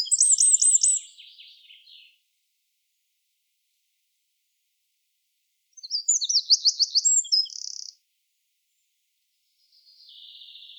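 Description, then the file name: Eurasian wren singing bursts of very high, rapid trills and rattling notes, pausing several seconds between phrases, with a fresh phrase beginning at the end. "Troglodytes troglodytes"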